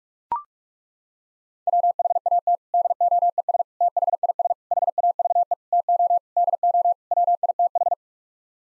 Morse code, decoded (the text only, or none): WHAT DOES THIS HAVE TO DO WITH